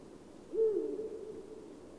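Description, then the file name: Eurasian eagle-owl hoot, one deep, low call that swells quickly then trails off slightly lower, with faint background hiss. "uhu"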